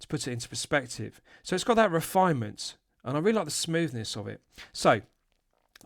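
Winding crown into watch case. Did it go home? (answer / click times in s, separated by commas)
yes / 5.8 s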